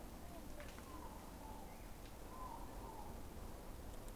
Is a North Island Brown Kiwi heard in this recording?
no